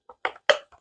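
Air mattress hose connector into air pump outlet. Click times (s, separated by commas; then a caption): 0.5 s. The two gasketed nipples on a VOCIC alternating air pressure hospital bed mattress's air-hose connector are pushed into the air pump's outlet opening until the side clips latch. A faint tap and a louder plastic clatter come first, then the loudest sharp click at 0.5 s, followed by a soft tick. The click means the connector is seated, connected and sealed.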